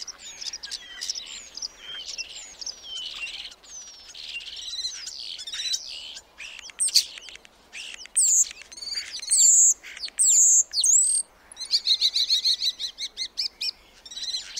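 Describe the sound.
Black starling song: scratchy warbling and sliding notes build into several loud, very high drawn-out whistles, then a quick clicking rattle.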